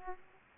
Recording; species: mosquito wingbeat signal from an infrared sensor; Aedes aegypti